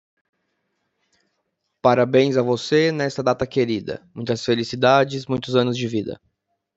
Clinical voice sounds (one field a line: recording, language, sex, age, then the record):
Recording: short text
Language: Brazilian Portuguese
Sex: male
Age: 30 to 39 years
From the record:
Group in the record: control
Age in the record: 36 years